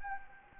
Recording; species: mosquito wingbeat signal from an infrared sensor; Anopheles gambiae